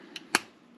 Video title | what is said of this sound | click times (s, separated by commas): How To: Change Gears on TRX4M (or motors/trans). Crawl Gearing! | Nice satisfying click. | 0.3 s